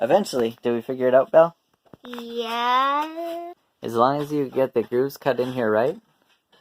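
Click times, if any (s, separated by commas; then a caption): none. A cut wooden piece of an anti-gravity planter is handled near the grooved wooden board it locks into. Someone talks throughout, with one small, faint tap at about 6.5 s. Nothing has seated or clicked yet.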